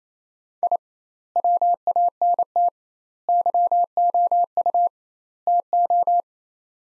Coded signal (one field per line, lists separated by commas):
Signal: Morse code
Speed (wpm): 28 wpm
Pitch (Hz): 700 Hz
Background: none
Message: I WANT YOU TO